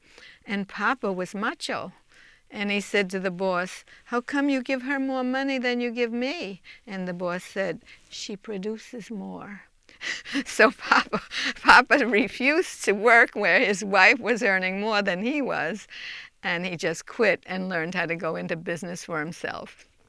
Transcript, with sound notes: And Papa was macho and he said to the boss, "How come you give her more money than you give me?" And the boss said, "She produces more." (she laughs) So Papa, Papa refused to work where his wife was earning more than he was and he just quit and learned how to go into business for himself.